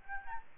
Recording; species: mosquito wingbeat signal from an infrared sensor; Aedes albopictus